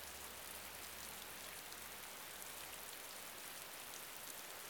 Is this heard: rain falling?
yes